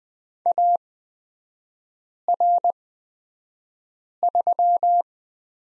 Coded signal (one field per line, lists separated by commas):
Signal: Morse code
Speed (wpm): 20 wpm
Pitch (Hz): 700 Hz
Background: none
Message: AR3